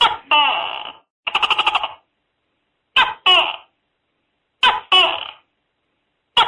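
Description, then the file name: Tokay gecko calling: loud paired nasal notes, each a short bark then a drawn-out falling note, mixed with a pulsed stuttering call, repeated about every one and a half seconds. Calling inside a house at night. "tieng tac ke keu trong nha tac ke keu trong dem"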